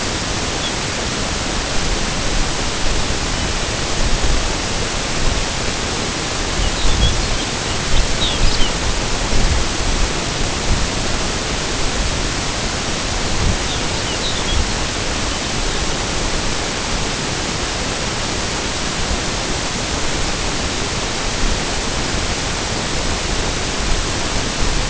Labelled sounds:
Lapland Longspur (Calcarius lapponicus)

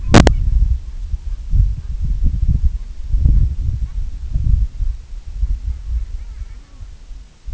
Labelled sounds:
Long-tailed Duck (Clangula hyemalis)

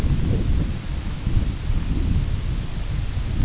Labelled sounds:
none

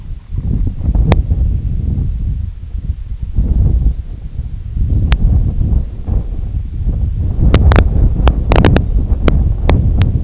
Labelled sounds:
none

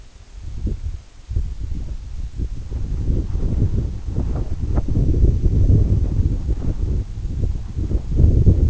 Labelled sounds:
none

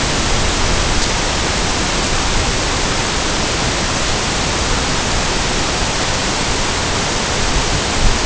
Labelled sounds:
none

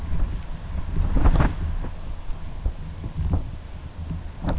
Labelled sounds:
none

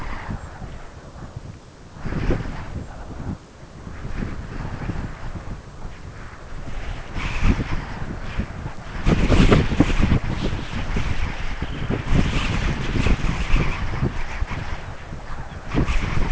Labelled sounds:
unidentified sound, Lapland Longspur (Calcarius lapponicus)

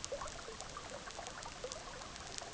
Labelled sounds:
none

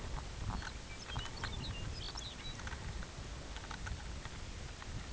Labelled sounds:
Lapland Longspur (Calcarius lapponicus)

